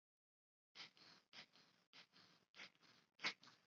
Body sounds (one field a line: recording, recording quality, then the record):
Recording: shallow breathing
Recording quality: excellent, no background noise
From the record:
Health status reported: exposed to COVID-19, no respiratory illness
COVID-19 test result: negative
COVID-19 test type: RT-PCR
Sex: male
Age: 22 years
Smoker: no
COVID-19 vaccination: both doses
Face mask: not worn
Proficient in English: yes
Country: India